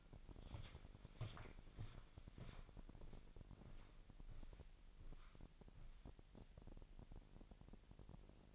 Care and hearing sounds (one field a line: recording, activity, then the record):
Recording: daily activity, microphone in the room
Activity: walk to room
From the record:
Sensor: 5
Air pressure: 1002.1 hPa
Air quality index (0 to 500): 249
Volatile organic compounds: 8 ppm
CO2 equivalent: 2080 ppm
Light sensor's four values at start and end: 26/59/25/26 and 26/62/25/27